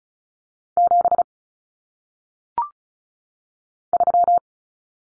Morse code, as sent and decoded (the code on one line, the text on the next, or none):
--... / ...--
7 3